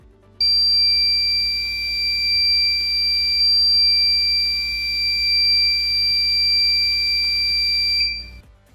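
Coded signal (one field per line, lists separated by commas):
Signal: beep code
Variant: access control panel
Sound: one continuous high-pitched beep lasting about 7.5 seconds, then stopping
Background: faint background hum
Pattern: 1 long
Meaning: The controller is resetting; wait until the long beep ends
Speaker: When the long beep has finished beeping, go ahead and once again unplug the power cord from the power out.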